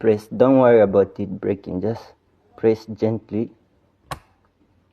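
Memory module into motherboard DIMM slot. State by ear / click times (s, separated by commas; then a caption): seated / 4.1 s. A DDR3 1600 memory stick is pressed gently into a motherboard DIMM slot while someone talks. After a pause, a sharp click sounds at 4.1 s as the retention clip snaps shut. The module is seated and locked in.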